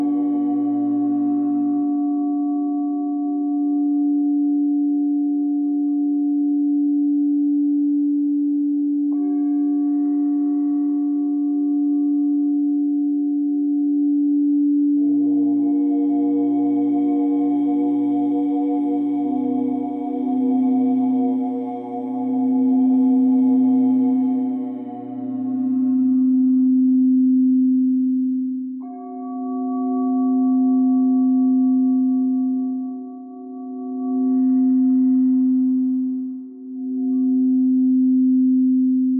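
A singing bowl rings with a steady, sustained low tone and bright overtones hanging above it. Around fifteen seconds the sound thickens with a rubbed, buzzing layer, and from about twenty seconds the tone swells and fades in slow, regular pulses.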